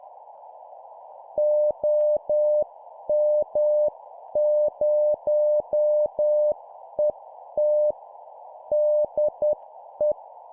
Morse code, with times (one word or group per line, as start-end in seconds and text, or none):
1.4-7.9 OM0ET
8.7-10.1 DE